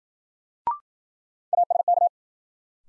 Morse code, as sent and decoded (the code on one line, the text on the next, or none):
.- ... -.-
ASK